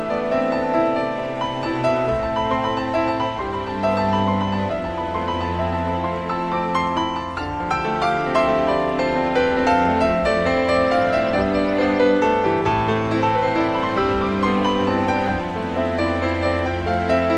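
Smooth jazz plays at a steady, even level, with warm sustained chords layered over a deep, rounded bass line that moves slowly through a few notes. Brighter melodic notes weave on top throughout, and the music stays full and unbroken to the end.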